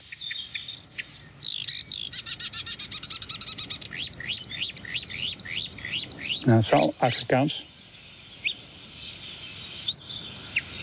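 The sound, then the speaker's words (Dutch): Busy songbird calls, with barn swallows and sand martins twittering and a blackcap's sharp alarm ticks, rapid high chirps repeating in quick runs throughout while a man briefly speaks partway through. “Zwartkopalarm. Zwartkopbeer. Boerzwaluw. Oeverzwaluw.”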